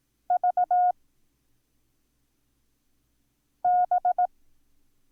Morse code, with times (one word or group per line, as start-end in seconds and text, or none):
0.3-0.9 V
3.6-4.3 B